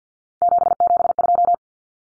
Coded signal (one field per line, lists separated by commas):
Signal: Morse code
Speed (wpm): 50 wpm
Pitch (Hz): 700 Hz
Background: none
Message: 772